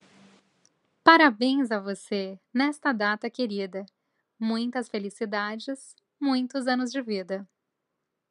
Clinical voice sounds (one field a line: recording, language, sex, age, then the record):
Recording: short text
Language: Brazilian Portuguese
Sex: female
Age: 30 to 39 years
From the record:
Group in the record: control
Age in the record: 33 years